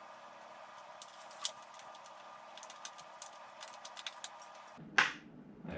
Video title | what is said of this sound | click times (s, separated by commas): Rogers Unlimited Garage Door Opener | we go there was a little click | 5.0 s